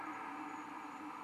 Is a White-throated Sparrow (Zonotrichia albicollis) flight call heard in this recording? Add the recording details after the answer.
no. No flight call is heard. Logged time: 23:08 on 15 December 2014